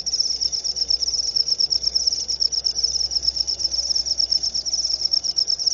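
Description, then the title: Cricket producing a continuous shrill, rapidly pulsing trill over soft background noise. Loud cricket chirping (ngerik), used to make lovebirds sing continuously (ngekek). "Suara JANGKRIK NGERIK Keras Bikin LOVEBIRD Jadi NGEKEK Terus Vubey"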